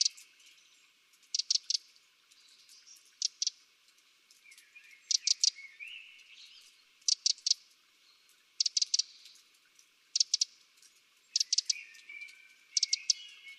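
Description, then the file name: Eurasian wren uttering sharp ticking notes in short clusters of two or three, repeated every second or two. "Troglodytes troglodytes"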